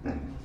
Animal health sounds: pig call; growing-finishing pig (85 days or more)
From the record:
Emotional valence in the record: negative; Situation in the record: barren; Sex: female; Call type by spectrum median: low-frequency call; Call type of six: low-frequency stable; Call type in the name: low-frequency stable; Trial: 1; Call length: 0.44 s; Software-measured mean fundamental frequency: 69 Hz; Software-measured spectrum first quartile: 122 Hz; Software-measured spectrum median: 256 Hz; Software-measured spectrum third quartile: 473 Hz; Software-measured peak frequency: 259 Hz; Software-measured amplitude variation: 152 dB a second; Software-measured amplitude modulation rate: 15.8 a second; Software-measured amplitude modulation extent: 9.6 dB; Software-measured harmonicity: 0.7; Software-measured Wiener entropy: -0.30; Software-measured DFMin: 751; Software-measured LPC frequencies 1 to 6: 1651, 2483, 3920, 4753, 5291, 6025 Hz

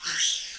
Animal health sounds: pig call; piglet (1 to 25 days)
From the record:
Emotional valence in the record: negative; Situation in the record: crushing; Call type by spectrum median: high-frequency call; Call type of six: high-frequency stable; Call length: 0.59 s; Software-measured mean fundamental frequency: 262 Hz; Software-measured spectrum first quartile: 3015 Hz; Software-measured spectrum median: 4489 Hz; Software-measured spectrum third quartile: 6202 Hz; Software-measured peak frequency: 3250 Hz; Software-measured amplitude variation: 96 dB a second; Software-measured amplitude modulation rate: 22.7 a second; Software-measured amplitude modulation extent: 4.2 dB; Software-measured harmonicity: 1.5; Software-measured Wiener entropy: -1.77

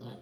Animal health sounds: pig call; piglet (1 to 25 days)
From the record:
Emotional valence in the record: negative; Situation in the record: short isolation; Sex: male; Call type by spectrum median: low-frequency call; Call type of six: low-frequency stable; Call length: 0.21 s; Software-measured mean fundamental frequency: 60 Hz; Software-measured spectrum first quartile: 169 Hz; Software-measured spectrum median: 349 Hz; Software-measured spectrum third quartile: 905 Hz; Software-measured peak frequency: 226 Hz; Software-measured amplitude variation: 99 dB a second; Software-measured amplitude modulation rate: 21.4 a second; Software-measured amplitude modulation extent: 4.6 dB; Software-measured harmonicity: -1.2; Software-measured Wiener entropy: -0.42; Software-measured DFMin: 1455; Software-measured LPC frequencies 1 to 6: 3314, 4005, 4782, 7490, 8726, 9927 Hz

